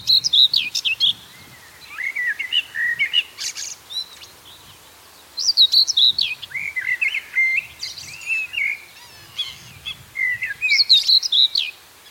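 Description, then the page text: Common whitethroat song: short, scratchy, hurried warbling phrases of rapid chattering notes, repeated every few seconds, with faint background noise between. "Common Whitethroat Song Tornsanger Sang. knut the bird nerd"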